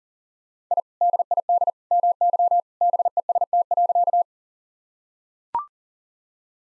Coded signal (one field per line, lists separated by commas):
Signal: Morse code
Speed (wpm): 40 wpm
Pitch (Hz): 700 Hz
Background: none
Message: I DID MY BEST.